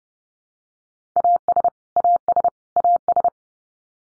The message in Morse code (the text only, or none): AS AS AS